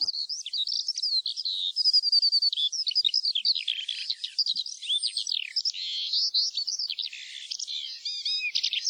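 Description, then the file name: Eurasian skylark pouring out a rapid, high-pitched song of chirps, buzzy trills and sliding whistles, varied and unbroken throughout. "ALLODOLA"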